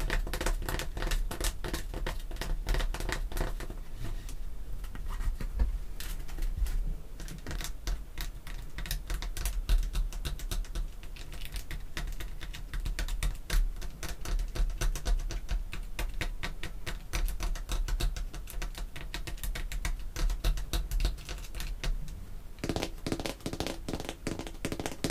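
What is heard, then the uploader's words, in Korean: Artificial fingernails tap rapidly on objects such as perfume bottles and lids, producing a dense, continuous stream of sharp clicks. The tapping stays fast and fairly even throughout, with a brief pause near 22 seconds before resuming. A low hum runs underneath. 인조손톱 태핑. 향수, 뚜껑 등.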